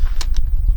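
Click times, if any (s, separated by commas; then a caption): 0.2 s, 0.4 s. An adjustable buttstock on a carbine buffer tube is slid in from the fully extended position to the two-clicks-out detent, locking in with two sharp clicks at 0.2 s and 0.4 s over a steady low rumble. Someone talks, and the stock is seated in its adjustment position.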